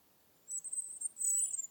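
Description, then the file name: European robin, a very high, thin, sibilant song phrase with a shimmering, sustained quality, brief against a soft hiss. "european robin - erithacus rubecula"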